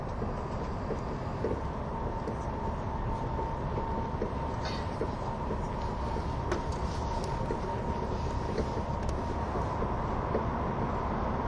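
A train on the Gotthard base tunnel route, heard as a steady, dense low rumble that holds at an even level for the whole stretch. A faint tone runs throughout, with light clicks and brief metallic ticks scattered across the top, one sharper squeal near the middle.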